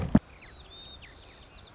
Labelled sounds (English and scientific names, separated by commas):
White-crowned Sparrow (Zonotrichia leucophrys)